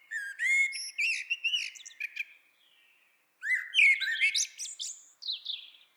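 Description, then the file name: Common blackbird song: a rich whistled phrase closing in squeaky twitters, a brief soft note, then a second fluting phrase with high scratchy endings. "Turdus merula"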